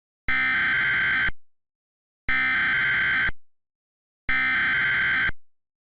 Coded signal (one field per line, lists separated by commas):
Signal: Emergency Alert System (SAME) tones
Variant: header bursts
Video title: EAS Scenario - The Care Bear Revelation (REMASTERED)